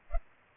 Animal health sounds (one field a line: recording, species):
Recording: mosquito wingbeat signal from an infrared sensor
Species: Culex pipiens